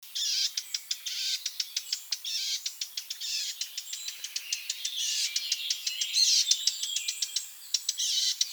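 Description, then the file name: Eurasian blackcap gives many hard, sharp clicking calls over a steady high background sound. "Sylvia atricapilla"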